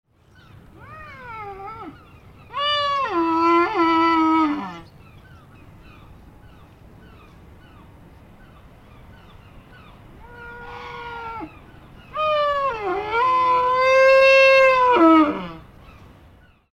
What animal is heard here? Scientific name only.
Cervus canadensis